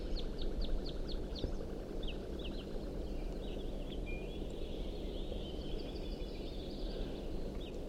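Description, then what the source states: Red Crossbill calls: a burst of quick downslurred kips at first, then softer scattered notes and faint warbling over constant low rumble. Type 2; several birds visible at 6:17, some singing and giving flight calls; a male perched atop a ponderosa pine beside a road.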